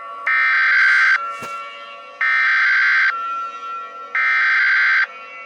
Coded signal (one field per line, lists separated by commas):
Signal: Emergency Alert System (SAME) tones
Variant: header bursts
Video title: EAS Scenario Tayo The Little Bus Part 2